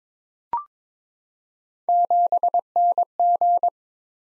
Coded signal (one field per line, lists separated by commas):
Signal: Morse code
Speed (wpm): 22 wpm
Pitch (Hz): 700 Hz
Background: none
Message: 7NG